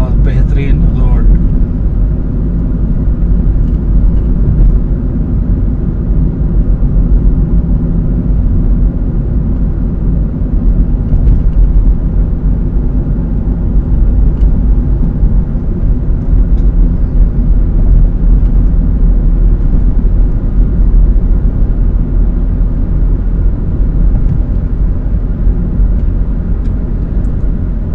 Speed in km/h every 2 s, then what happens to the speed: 56, 57, 57, 56, 56, 56, 56, 57, 57, 58, 60, 61, 62, 63.
0-28 steady at about 57.